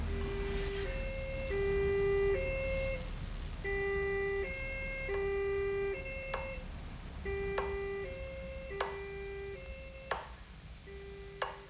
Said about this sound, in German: Nun schalten Sie doch die Sirene ein.